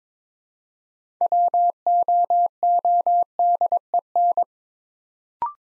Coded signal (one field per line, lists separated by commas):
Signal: Morse code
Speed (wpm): 23 wpm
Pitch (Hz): 700 Hz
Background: none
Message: WOODEN